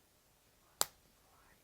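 A plastic back washer is pushed by hand onto the shank of a second amigurumi safety eye through crochet fabric. One sharp snap is heard at 0.8 s against quiet background. The washer clicks down only to the first notch, not the second one that was wanted.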